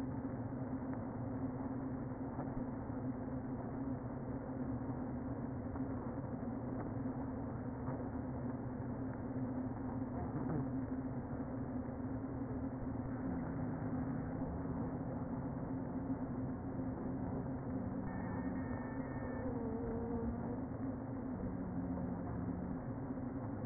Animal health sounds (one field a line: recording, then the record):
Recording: honeybee colony, microphone inside the hive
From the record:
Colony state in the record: queen present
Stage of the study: before two queens were removed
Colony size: about 60,000 bees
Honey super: yes